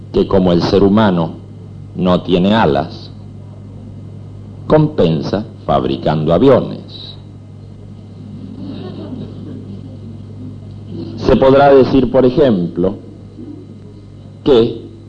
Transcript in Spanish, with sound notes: que como el ser humano no tiene alas compensa fabricando aviones. (risas) Se podrá decir, por ejemplo, que